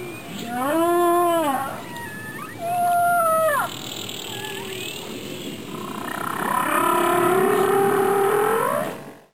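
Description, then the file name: Whale calls: drawn-out tonal moans that rise and fall, with rich harmonics, arriving in three long phrases over a steady hissing background. "baleine"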